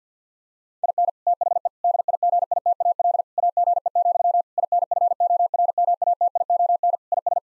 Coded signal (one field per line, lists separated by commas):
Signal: Morse code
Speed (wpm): 50 wpm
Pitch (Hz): 700 Hz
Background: none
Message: IN THE DIGITAL AGE, INFORMATION IS